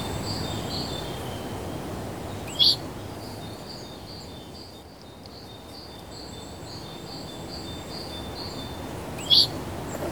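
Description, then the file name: Forest birds: two sharp high chirps several seconds apart over faint, pulsed high-pitched sounds and a constant background hiss. Recorded outdoors in a forest. "Outside Broadcast Recordings - Forest Birds"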